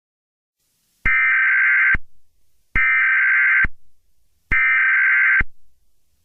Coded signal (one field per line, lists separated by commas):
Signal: Emergency Alert System (SAME) tones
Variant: header bursts